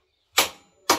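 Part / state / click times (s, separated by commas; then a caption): click torque wrench on a metric bolt / torque reached / 0.4 s. A large click torque wrench set to 1000 Nm checks the first metric bolt and clicks at 0.4 s, confirming the bolt has reached 1000 Nm. A second sharp click follows at 0.9 s.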